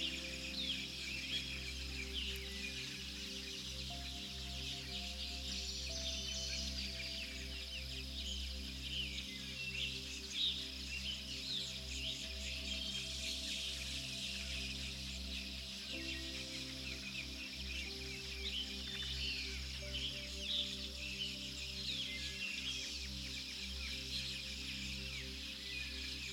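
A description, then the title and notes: Birds sing and chirp constantly through a soft forest hush, their bright calls dense and overlapping from start to finish. Beneath them, gentle music holds long, low sustained tones that shift only occasionally, keeping the whole scene steady and even. Sounds of the FOREST and Soft MUSIC.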